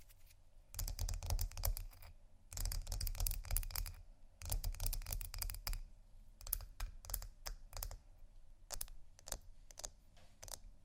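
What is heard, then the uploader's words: Crisp scratching and tapping on ice in dense clicking bursts, busiest in the first half, then sparser sharp taps over a low rumble. Ice Scratch & Tap. No Talking.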